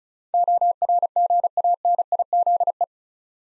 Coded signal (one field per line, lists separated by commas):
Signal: Morse code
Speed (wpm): 36 wpm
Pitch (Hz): 700 Hz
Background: none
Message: ORGANIZE